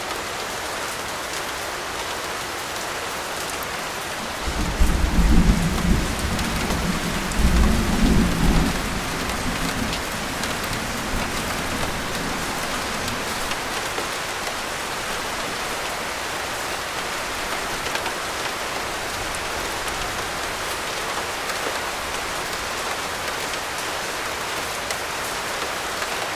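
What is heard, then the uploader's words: Heavy rain pours steadily throughout, a dense hiss of drops spread evenly across the whole recording. Around the fifth second a low, rumbling thunder roll swells and lingers until about nine seconds, then fades back beneath the constant downpour. HEAVY RAIN & THUNDER. No Talking.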